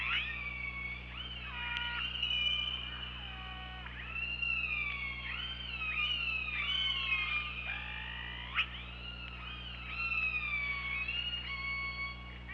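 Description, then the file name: Killer whale calls almost without pause: many overlapping stepped and sliding squeals, some dropping sharply, with a brief click late on and a steady low hum. Recorded by OrcaLab hydrophone on 24 August 2017 at 23:34. "Orca Lab UTLN JASON 20170824 233450"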